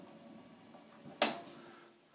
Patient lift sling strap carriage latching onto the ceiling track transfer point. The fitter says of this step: and notice i don't know if everybody notices this moved up just a little bit and you heard the audible click